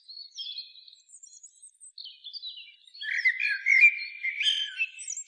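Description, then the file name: Common blackbird's high squeaky twittering at first, building into a louder mellow warbled phrase with buzzy high overtones. "Turdus merula"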